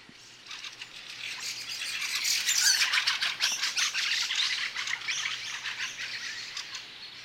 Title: Räkättirastas